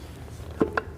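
A steel torque converter is pushed onto the input shaft and pump of an automatic transmission while being spun and wiggled, and it drops one of its three engagement steps with clunks at 0.6 s and 0.8 s over a low background hum. This is only partial progress, since the converter is fully seated only after the third step.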